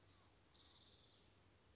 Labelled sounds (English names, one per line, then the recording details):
Spotted Towhee
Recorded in Sonoma County, California